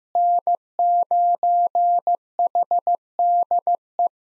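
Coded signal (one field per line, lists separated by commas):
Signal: Morse code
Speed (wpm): 15 wpm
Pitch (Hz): 700 Hz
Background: none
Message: N9HDE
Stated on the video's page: Worked All Europe DX contest QTC exchange copying drill at 15wpm, sent in Morse, spoken, then sent again.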